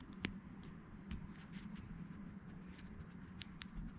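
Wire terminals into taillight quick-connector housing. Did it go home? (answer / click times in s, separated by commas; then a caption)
yes / 0.2 s. Crimped wire terminals are slid into a plastic quick-connector housing for the taillight wiring on a 1952 Chevy Styleline Deluxe rear lights rewire, and a sharp click at 0.3 s (0.25 s) shows them seating. Further short ticks follow around 3.4 s and 3.6 s over a steady low hum, and the terminals end up seated in the housing.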